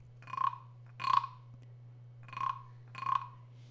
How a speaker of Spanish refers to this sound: A lo lejos se oyó croar esta vez sí, un croar de sapo sapote.